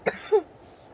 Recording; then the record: coughing mixed with background sound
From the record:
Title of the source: choking, hacking coughing